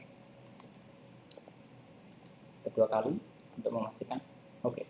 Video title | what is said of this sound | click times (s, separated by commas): Tugas 1 Jaringan Komputer - Membuat Kabel LAN Stright | lakukan kerimping Sampai bunyi klik lagi | 1.3 s